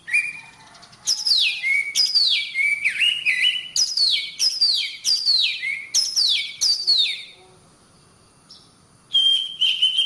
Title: Suara Kacer Master - Suara Kacer Gacor Mantab